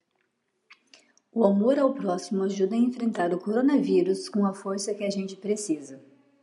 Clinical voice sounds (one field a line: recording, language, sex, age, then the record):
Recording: spoken sentence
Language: Brazilian Portuguese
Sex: female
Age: 30 to 39 years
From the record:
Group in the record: control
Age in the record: 31 years